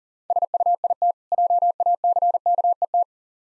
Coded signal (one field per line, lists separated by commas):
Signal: Morse code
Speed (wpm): 37 wpm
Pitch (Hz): 700 Hz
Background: none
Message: SUIT JACKET